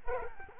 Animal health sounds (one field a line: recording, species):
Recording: mosquito wingbeat signal from an infrared sensor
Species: Culex quinquefasciatus